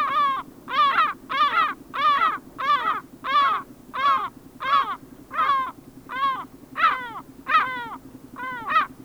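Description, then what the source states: Lesser Black-backed Gull delivering a rapid run of raucous, downslurred laughing notes at a brisk pace over a faint low background hum. Sweden.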